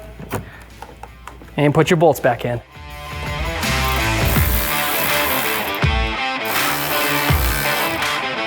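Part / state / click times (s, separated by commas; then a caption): plastic tail light housing clips into the pickup bed side / seated / 1.0 s, 1.3 s. A second Morimoto XB LED tail light for a 2017–2022 Ford Super Duty is lined up at its outside edge and pushed into the pickup bed side until its plastic housing clips snap into the body. Sharp clicks at about 1.0 s and 1.3 s mark the clips seating. Someone talks, and music plays through the rest of the clip.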